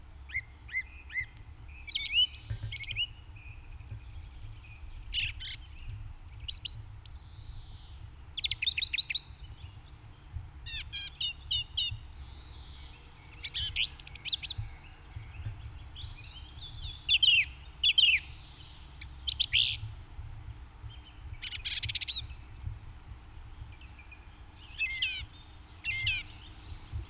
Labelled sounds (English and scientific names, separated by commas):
Song Thrush (Turdus philomelos) song